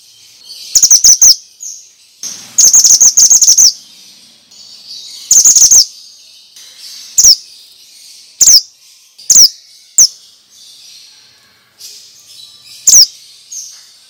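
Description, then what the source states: Bird gives a few rapid chirp bursts early on, then several single sharp, high descending notes. Effective lure for stressed birds; 'suara mantenan' sound.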